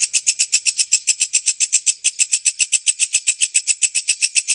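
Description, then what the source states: Bird repeating a quick, bright high note about four times a second in an even, unbroken run. Masteran sound, used to train songbirds.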